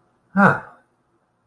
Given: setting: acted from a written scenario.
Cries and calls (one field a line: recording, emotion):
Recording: vocal sound without words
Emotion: contentment